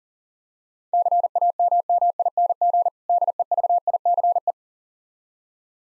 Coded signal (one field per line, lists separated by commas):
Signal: Morse code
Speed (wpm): 40 wpm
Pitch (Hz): 700 Hz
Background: none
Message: CAMMING DEVICE